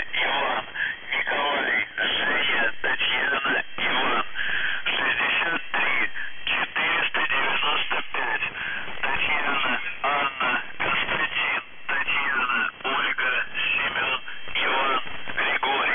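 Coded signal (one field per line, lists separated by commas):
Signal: numbers station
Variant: UVB-76, Russian voice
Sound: a voice reading words and numbers over a narrow radio channel, with brief pauses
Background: radio static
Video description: [UVB-76, The Buzzer] Voice Message; 19. August 2021, 12:34 UTC / Callsign: NZhTI (НЖТИ) Message text: 63 495 TAKTOSIG (ТАКТОСИГ) 16 73 14 77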